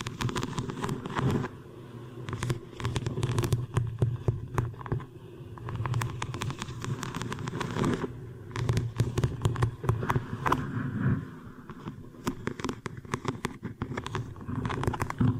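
Hair washing and brushing: dense, crackly scrubbing and squelching strokes over a low rumble, with brief pauses around eight and eleven seconds.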